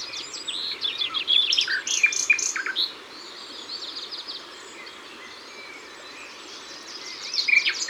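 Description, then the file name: Common nightingale song: rapid jumbled phrases with quick repeated notes and short whistles over the first three seconds, then quieter singing and faint background birds. Ardèche. "Rossignol-Philomele-Concerts-Naturels-De-l Ardeche"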